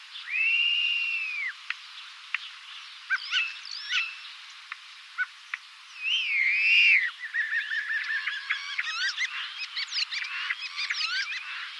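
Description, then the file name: Common starling song: a long slurred whistle, scattered clicks and short notes, a second slurred whistle, then a rapid chattering medley of twittering, rattling notes. "star vogel gesang"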